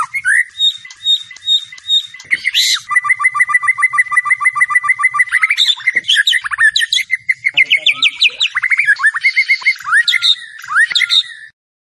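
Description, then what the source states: White-rumped shama giving a rich, varied song: rapid chattering trills, long runs of repeated whistled notes, sweeping slurs and high squeaky phrases, delivered almost without pause. Masteran training recording of a champion white-rumped shama (murai batu) song, used to tutor other songbirds.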